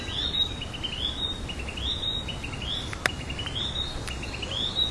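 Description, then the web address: Narcissus flycatcher song: repeated phrases of thin rising whistles and short clear notes, over constant low background rumble with a couple of faint clicks. "udragon kibitaki"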